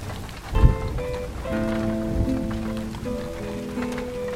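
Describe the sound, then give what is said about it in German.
Steady rain patters throughout, with a short low rumble of thunder early on and another brief one midway, while sustained tonal notes hum over the storm. “Es machte ihm nichts aus, dass es auf der Rückfahrt zu gewittern anfing.”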